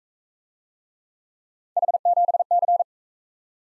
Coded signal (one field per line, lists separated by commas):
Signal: Morse code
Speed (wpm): 41 wpm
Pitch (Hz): 700 Hz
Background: none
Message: H7C